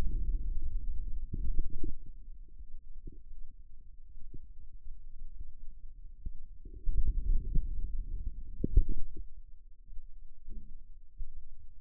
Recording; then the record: forearm muscle sounds (acoustic myography)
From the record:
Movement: outward rotation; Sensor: system 2, bracelet of six BSWA MPA416 microphones around the upper forearm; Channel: 2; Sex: male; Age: 22 years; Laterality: right